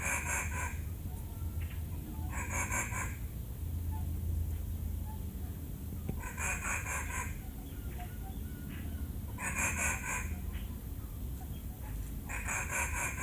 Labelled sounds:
Banded Mongoose (Mungos mungo)
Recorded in captivity
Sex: group
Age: diverse
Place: Tierpark Berlin, Berlin, DE
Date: 2008-08-26 17:30
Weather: overcast, ca. 22°C
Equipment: Sony WM-D6C, Sennheiser ME 80, Kopie Uher 4000 Report Monitor
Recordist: Tembrock, Günter

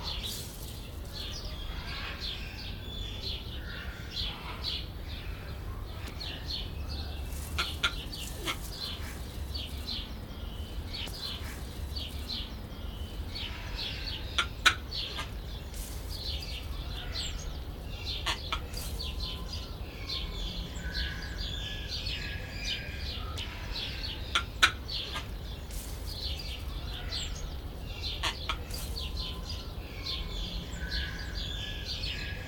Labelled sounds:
Palm Cockatoo (Probosciger aterrimus)
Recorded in captivity
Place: Zoo Berlin, Berlin, DE
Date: 1996-04-20 18:29
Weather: sonnig, 24°C
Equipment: Sony MD-WM MZ-R3, Sennheiser MKH 416 T, Kopie Uher 4000 Report Monitor
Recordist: Tembrock, Günter
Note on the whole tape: Zwei Tiere, eines mit Beugebewegung und gespreizter Haube: Doppellaute

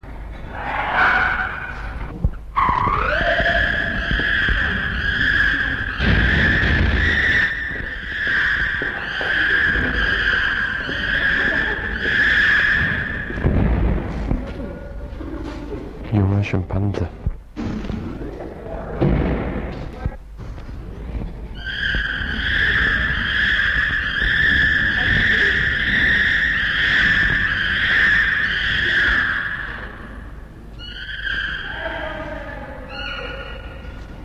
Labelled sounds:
Chimpanzee (Pan troglodytes)
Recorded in captivity
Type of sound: screech
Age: juvenile
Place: Zoo Hannover, Niedersachsen, DE
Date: 1960-11-30 15:45
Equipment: Minifon, Kopie Smaragd
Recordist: Tembrock, Günter
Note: Pan troglodytes satyrus: Junger Schimpanse: Kreischen bei Flucht vor einem anderen (Abstand ca. 10 m, Scheibe dazwischen). Sehr starke Geräuschkulisse und starker Hall durch die Innenaufnahme

